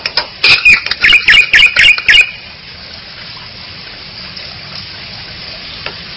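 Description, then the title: Bali myna chattering: a quick run of harsh, scratchy notes for about two seconds, then quiet background hiss. "Jalak Bali"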